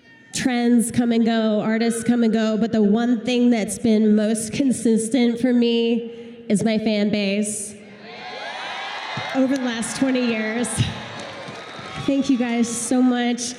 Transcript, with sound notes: Trends come and go, artists come and go but the one thing that’s been most consistent for me is my fan base (cheers) over the last 20 years… thank you guys so much!